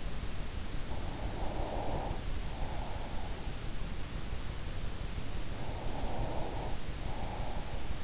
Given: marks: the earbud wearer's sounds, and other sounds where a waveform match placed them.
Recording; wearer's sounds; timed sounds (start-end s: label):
sounds in sleep by an in-ear microphone; breath
0.75-3.61 s: breath
5.35-8.04 s: breath